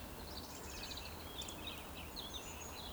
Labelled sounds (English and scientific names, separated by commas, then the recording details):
Eurasian Woodcock (Scolopax rusticola) whistle
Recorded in Baden-Württemberg, Germany, on 15 June 2020 at 20:12 UTC
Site 14569, 102 m above sea level